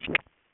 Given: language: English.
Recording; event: throat vibration sensor signal played as sound; swallow